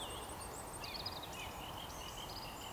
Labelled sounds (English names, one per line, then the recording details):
Eurasian Woodcock whistle
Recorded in Baden-Württemberg, Germany, on 14 June 2020 at 19:51 UTC
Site 43791, 788 m above sea level